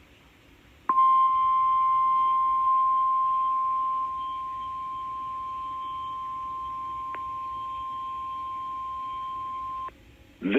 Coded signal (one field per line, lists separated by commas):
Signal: Emergency Alert System (SAME) tones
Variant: 1050 Hz attention tone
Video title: NWS Albuquerque Weekly Test- July 6, 2022 (EAS#685)